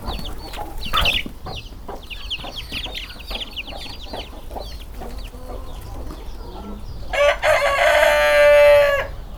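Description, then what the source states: Chickens: chicks peep repeatedly in high, descending cheeps over soft clucking, then a loud, drawn-out call rings out near the end. Hungarian hen chicks in a farmyard.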